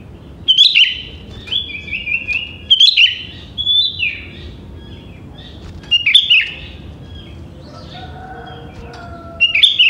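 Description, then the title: Sooty-headed bulbul song: bright, bubbly phrases repeated every few seconds, with faint, lower whistled notes in the background near the end. "Kutilang"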